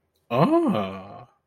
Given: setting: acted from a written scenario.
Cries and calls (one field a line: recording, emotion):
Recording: vocal sound without words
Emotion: realization